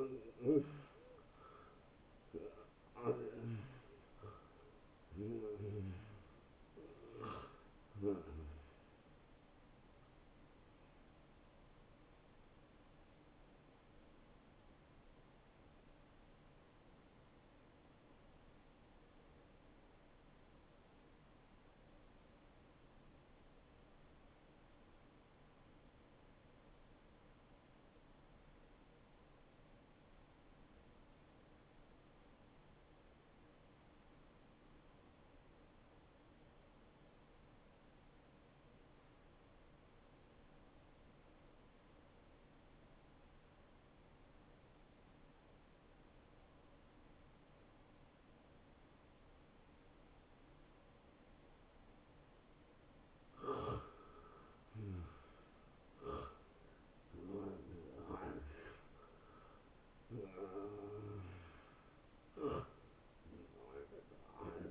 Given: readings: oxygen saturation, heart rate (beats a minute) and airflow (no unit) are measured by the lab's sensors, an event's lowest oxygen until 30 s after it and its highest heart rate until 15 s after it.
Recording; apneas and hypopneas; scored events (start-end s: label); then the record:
breathing in sleep by a voice recorder at the bedside; 1
19.00-53.60 s: obstructive apnea (N1, oxygen 94% highest, then 84% lowest)
From the record:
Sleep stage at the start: N1 (lightest sleep); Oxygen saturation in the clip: 80 to 94%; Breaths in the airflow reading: 6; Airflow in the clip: -18.6 to 11.0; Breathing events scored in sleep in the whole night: 263 in 5.5 hours asleep